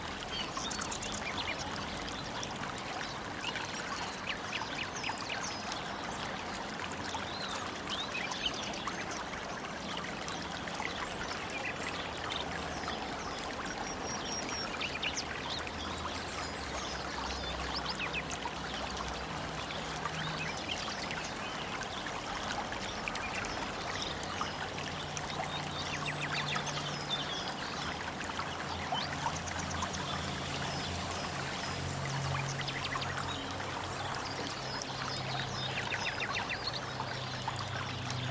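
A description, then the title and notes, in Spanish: Running water flows steadily through a deep forest, a dense, even rush that holds the same level for the whole stretch. Brief bird calls flicker high above the flow, and a low rumble swells in the background after the midpoint. Bosque profundo - Agua corriente, hojas y aves.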